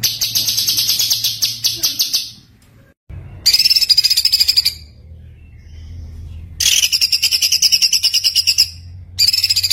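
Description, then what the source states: White-eye song delivered in several separate bursts of rapid high chattering notes, with quiet gaps in between. Continuously singing (gacor) white-eye, in a masteran recording with full tembakan bursts.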